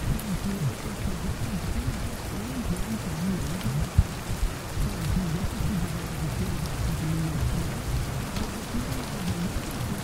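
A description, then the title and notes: Rain falls in a steady, dense patter, with a low, wavering murmur underneath and a single sharp tap near the four-second mark. Rainy Night in Bucky Barnes’ Brooklyn Apartment || Marvel Ambience. The rain pattering against the open bedroom window, accompanied by the sounds of the city nightlife. Cityscape noises, rain, snoring and 40s music.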